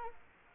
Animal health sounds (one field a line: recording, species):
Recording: mosquito wingbeat signal from an infrared sensor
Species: Culex quinquefasciatus